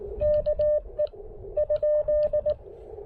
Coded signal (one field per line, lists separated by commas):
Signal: Morse code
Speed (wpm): 20 wpm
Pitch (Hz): 600 Hz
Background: radio noise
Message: KE ?